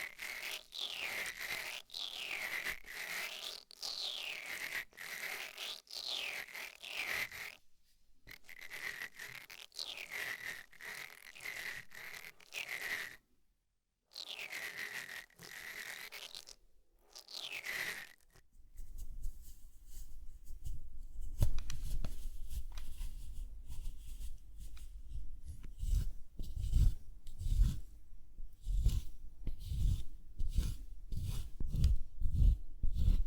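Makeup triggers, opening with repeated swishing strokes that sweep up and down in pitch, each lasting about a second, separated by short silent gaps. Around nineteen seconds this changes to denser, rougher tapping and scratching with low thumps, growing louder and busier toward the end.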